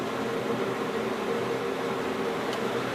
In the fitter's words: The impulse didn't latch in that time.